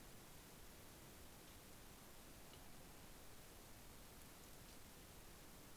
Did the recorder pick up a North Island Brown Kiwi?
no